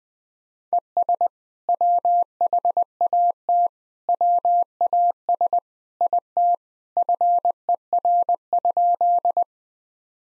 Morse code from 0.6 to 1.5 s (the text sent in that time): ES